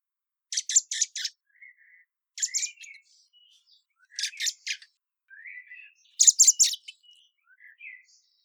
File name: Turdus merula